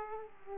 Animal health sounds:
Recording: mosquito wingbeat signal from an infrared sensor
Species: Aedes aegypti

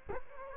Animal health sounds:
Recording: mosquito wingbeat signal from an infrared sensor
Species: Culex quinquefasciatus

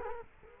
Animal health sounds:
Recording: mosquito wingbeat signal from an infrared sensor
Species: Culex quinquefasciatus

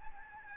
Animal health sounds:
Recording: mosquito wingbeat signal from an infrared sensor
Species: Aedes albopictus

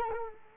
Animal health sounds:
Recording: mosquito wingbeat signal from an infrared sensor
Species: Culex quinquefasciatus

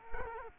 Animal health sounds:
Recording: mosquito wingbeat signal from an infrared sensor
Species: Culex quinquefasciatus

